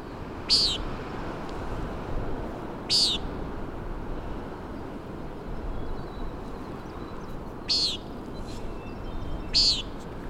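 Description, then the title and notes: Common nighthawk with four buzzy peent calls at uneven intervals, heard over rushing wind and surf. "Common Nighthawk "peenting" and "wing booms" 3:58am on top of Schoodic Head (Schoodic Div., Acadia National Park)"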